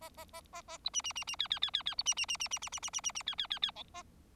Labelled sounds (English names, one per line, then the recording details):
Bengalese Finch song
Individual Bird4